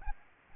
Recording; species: mosquito wingbeat signal from an infrared sensor; Aedes albopictus